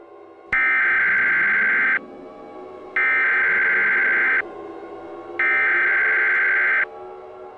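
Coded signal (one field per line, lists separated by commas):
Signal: Emergency Alert System (SAME) tones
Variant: header bursts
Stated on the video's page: Fictional sun-outage scenario SAME alert.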